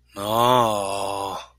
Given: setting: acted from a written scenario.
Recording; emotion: vocal sound without words; fear